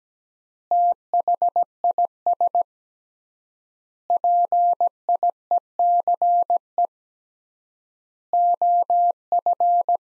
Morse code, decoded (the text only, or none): THIS PIECE OF